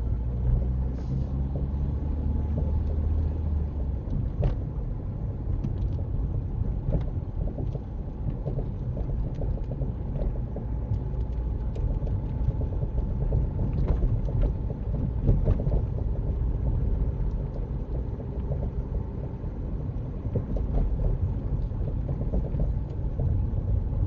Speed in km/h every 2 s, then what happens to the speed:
27, 29, 29, 31, 32, 34, 34, 34, 34, 34, 34, 31.
0-10 speeds up to 34. 10-24 steady at about 34.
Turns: none.